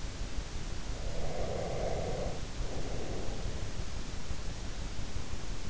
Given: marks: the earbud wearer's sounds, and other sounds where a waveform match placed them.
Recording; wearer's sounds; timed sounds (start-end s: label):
sounds in sleep by an in-ear microphone; breath
0.90-3.79 s: breath